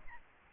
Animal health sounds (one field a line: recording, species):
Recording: mosquito wingbeat signal from an infrared sensor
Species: Aedes albopictus